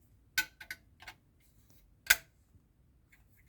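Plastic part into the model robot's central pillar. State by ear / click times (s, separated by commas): partly seated / 2.1 s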